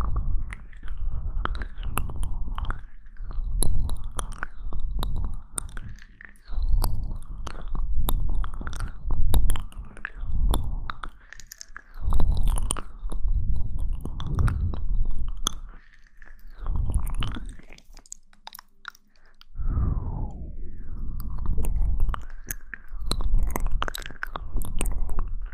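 Mouth sounds of steady chewing, wet and crunchy, with regular bites and smacks every second or so and a brief quiet pause near nineteen seconds.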